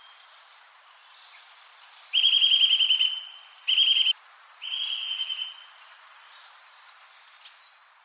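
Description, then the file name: Eurasian nuthatch delivering loud, rapid trills, two in quick succession and then a softer one, followed by a few sharp high chirps. "Sitta europaea"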